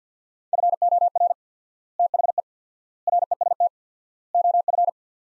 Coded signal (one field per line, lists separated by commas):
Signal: Morse code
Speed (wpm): 45 wpm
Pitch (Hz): 700 Hz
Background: none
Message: FOR THE REST OF